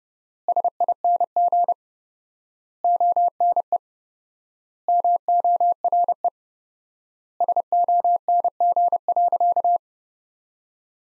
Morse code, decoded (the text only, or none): SING ONE MORE SONG.